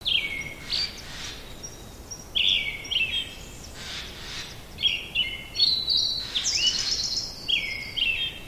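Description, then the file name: Brown-headed thrush song: short clear phrases of two or three whistled notes, some falling, some rising, given every second or two against a light hiss. "akahara"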